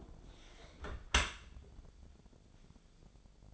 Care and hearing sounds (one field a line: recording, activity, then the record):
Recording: daily activity, microphone in the room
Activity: close dishwasher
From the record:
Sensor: 5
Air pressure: 1006.8 hPa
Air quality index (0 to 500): 184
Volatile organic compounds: 5 ppm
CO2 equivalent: 1759 ppm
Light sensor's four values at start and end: 53/147/58/58 and 52/146/57/58